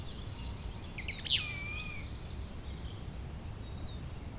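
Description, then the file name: Bird calls: faint high chirps, one brief loud downslurred note early on, then mostly soft hiss. "beautiful Birdsong"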